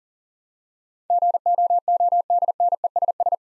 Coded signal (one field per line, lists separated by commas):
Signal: Morse code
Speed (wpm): 40 wpm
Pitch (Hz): 700 Hz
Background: none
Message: GOODNESS